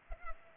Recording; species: mosquito wingbeat signal from an infrared sensor; Culex pipiens